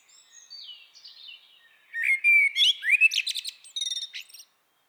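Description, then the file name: Common blackbird song: a soft, quiet warble builds into a louder fluted phrase, ending in high, scratchy twitters. "Turdus merula"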